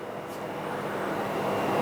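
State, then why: Not seated. A handheld remote control is being pushed into its mount under a LAPOMED digital stationary colposcope with a 21.5-inch online terminal, attaching without the latch. Steady broadband noise slowly rises in level over the 1.9 seconds, with no distinct transients. The remote has not seated or clicked into its mount yet.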